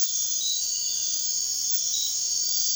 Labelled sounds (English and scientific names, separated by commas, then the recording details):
none
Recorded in dense forest near Puerto Asís, Putumayo, Colombia, on 21 March 2025 at 01:30
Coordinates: 0.499, -76.324
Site GP03